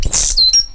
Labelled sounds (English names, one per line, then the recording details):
Stitchbird song
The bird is a male
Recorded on Tiritiri Matangi Island, New Zealand, in 2005
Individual 8, of nest box 10